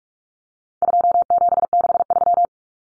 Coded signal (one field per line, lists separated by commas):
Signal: Morse code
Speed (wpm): 44 wpm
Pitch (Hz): 700 Hz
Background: none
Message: 2763